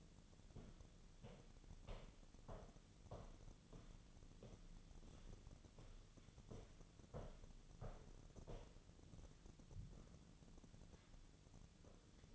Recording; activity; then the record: daily activity, microphone in the room; walk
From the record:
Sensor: 4